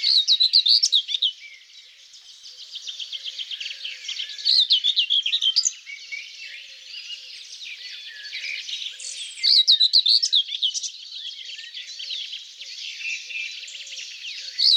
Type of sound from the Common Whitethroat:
song